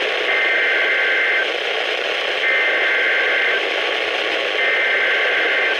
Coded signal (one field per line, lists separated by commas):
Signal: Emergency Alert System (SAME) tones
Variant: header bursts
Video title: EAS #179-#187: Alerts From Wakefield! | KHB36 & WXM57